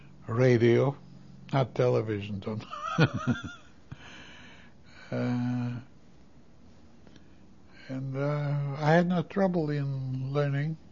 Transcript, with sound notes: radio. Not television. ( he laughs ) And I had no trouble in learning.